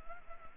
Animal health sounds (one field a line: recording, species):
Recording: mosquito wingbeat signal from an infrared sensor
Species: Anopheles arabiensis